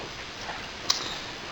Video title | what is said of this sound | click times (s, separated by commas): TF RotF G2 Dreadwing and Smokescreen:Takara Tokyo Toy Show Exclusive Review | and you bring this stuff back, and it will snap into place very nicely. | 0.9 s